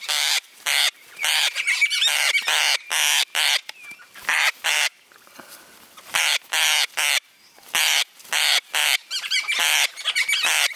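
Parrot calls, rough screeching notes in bursts separated by short quiet spells.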